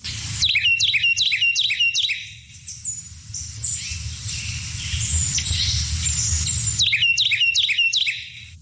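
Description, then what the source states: Carolina Wren song, rapid rolling phrases repeated like a gallop, one burst near the start and another near the end. Played recording; likened to a galloping horse; mnemonics 'tea kettle, tea kettle' or 'cheeseburger, cheeseburger'.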